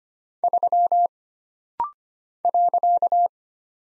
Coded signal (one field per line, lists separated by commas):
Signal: Morse code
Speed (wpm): 25 wpm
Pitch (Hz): 700 Hz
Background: none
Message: 3 .